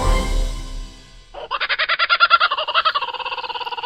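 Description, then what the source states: Laughing Kookaburra laugh: after a brief lead-in of other sound, a rapid, rhythmic series of loud cackling pulses rises, then softens toward the end. Signature call, a series of chuckles, cackles and laughs, sometimes mistaken for monkeys; a familiar forest dweller.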